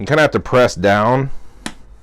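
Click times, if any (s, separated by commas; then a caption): 1.7 s. Someone talks while pressing a metal adjustment collar down onto the burr carrier of an espresso grinder, a collar that is a bit difficult to align. A single sharp click at 1.7 s marks the collar seating into place.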